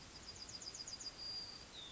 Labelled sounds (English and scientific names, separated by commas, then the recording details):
Yellowhammer (Emberiza citrinella) song
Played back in forest
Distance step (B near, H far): G
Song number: 113